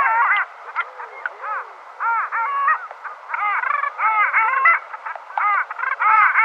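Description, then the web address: Long-tailed duck giving repeated yodelling, wavering nasal calls, some rising and some falling, in bursts with short pauses. Male. "Schulze Peter Long-tailed Duck"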